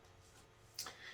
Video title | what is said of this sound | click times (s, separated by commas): Part 10 GPS: Flight controller in a Gee Bee Sportster E classic RC plane.GPS | solid click when that goes in | 0.8 s